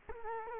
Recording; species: mosquito wingbeat signal from an infrared sensor; Culex quinquefasciatus